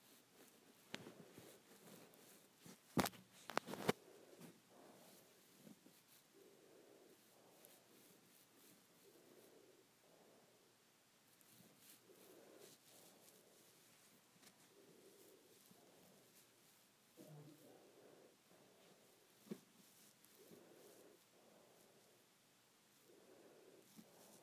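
Hair being played with: soft, repeated swishes and rustles come in a slow, fairly even rhythm, each stroke a brief muffled brush. A cluster of sharp crackles and taps around the third to fourth second stands out, with lighter crinkling later.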